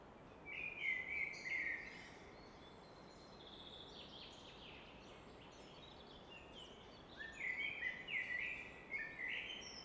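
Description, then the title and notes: Common nightingale sings two quick warbled notes, falls silent for several seconds, then resumes with rapid chirping whistles over a rushing background. Evening at Fläsch, Switzerland; roar of the Rhine reflected off a rock face in the background; recorded with Fostex FR2 and MKH 800. "Fläsch, Schweiz - Abendstimmung Nachtigall. Im Hintergrund wird das Rauschen des Rheins von einer Felswand reflektiert"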